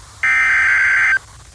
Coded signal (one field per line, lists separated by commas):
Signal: Emergency Alert System (SAME) tones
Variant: header bursts